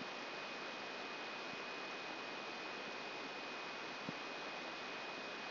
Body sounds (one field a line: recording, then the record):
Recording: brain microelectrode recording played as sound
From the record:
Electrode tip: outside the subthalamic nucleus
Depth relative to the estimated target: 3 mm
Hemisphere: left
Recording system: AlphaMap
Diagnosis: Parkinson's disease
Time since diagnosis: 10 years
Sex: female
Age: 63 years